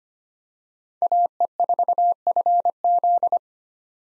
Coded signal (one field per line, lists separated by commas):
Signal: Morse code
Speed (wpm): 25 wpm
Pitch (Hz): 700 Hz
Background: none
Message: AE4FZ